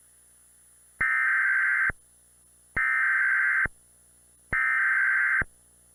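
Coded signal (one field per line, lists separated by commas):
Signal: Emergency Alert System (SAME) tones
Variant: header bursts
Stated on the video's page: Fictional EAS scenario, a reupload of another creator's work.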